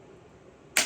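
A plastic hook clip is pushed into the small holes of a rust-proof shower caddy shelf. After a quiet stretch, a single sharp, loud click sounds at 0.8 s as the clip snaps in and seats.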